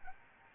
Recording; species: mosquito wingbeat signal from an infrared sensor; Aedes albopictus